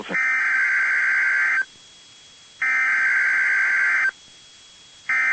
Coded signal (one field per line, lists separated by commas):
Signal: Emergency Alert System (SAME) tones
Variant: header bursts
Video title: EAS: Child Abduction Emergency